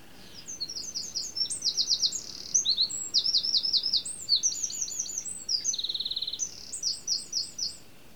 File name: Troglodytes troglodytes